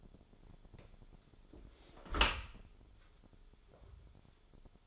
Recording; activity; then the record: daily activity, microphone in the room; close dishwasher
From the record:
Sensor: 5